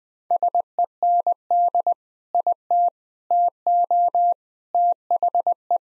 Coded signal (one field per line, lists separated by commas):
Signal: Morse code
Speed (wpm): 20 wpm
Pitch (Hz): 700 Hz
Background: none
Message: SEND IT TO THE